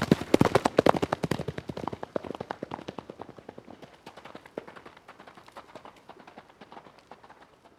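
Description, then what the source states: Horse hoofbeats: loud, rapid cantering thuds at first, then gradually fading as the rhythmic beats continue and recede. Horse cantering by on dirt.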